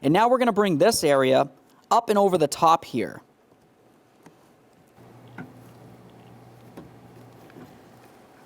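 Someone talks while routing the door release cable up and over into the front interior door handle of a 2005–2010 Chevy Cobalt, sliding it into position before locking it down. Quiet handling follows with a few faint taps and rustles. Nothing has seated or clicked yet.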